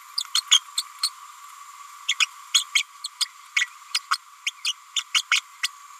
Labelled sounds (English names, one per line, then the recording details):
Green-rumped Parrotlet babbling
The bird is a female
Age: 30 days
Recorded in a nest box in Venezuela
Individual 17B102A6